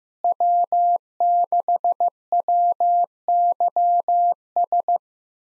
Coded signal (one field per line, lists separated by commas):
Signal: Morse code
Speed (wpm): 15 wpm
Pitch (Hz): 700 Hz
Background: none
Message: W6WYS